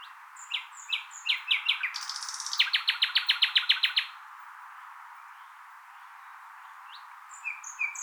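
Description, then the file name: Common nightingale singing: high whistled notes and short chirps, then a rapid, loud trill of repeated notes, followed by quiet and a new phrase beginning. "Luscinia megarhynchos"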